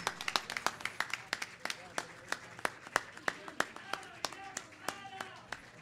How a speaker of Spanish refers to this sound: El aplauso para ese bailarín. ¡Qué hermoso! ¡Muchas gracias! El aplauso para ustedes.